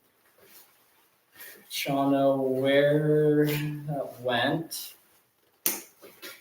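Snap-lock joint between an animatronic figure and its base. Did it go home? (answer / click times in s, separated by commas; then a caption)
yes / 5.7 s. Two plastic pieces of a large Halloween animatronic are pushed together at the snap-lock joint between the figure and its base while someone talks. A single sharp click is heard at 5.7 s as the snap lock engages, and the joint is confirmed locked into place.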